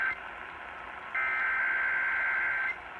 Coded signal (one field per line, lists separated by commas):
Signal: Emergency Alert System (SAME) tones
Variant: header bursts